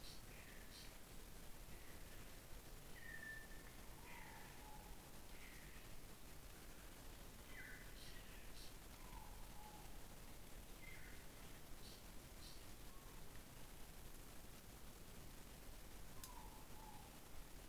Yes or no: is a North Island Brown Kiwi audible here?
no